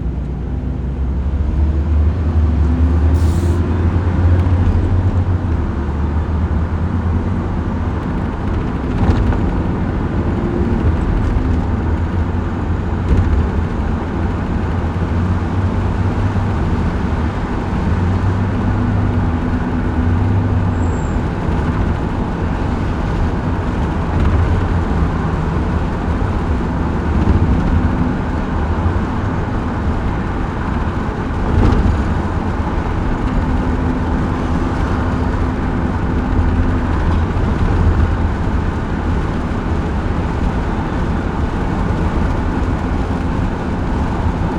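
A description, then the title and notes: A car drives steadily along, its engine a low, dense rumble that holds constant for the whole stretch with slight shifts in pitch as it changes speed. Road and wind noise fill the background, broken by a few brief clicks and knocks. Autumn.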